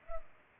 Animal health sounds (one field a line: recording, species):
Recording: mosquito wingbeat signal from an infrared sensor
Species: Culex pipiens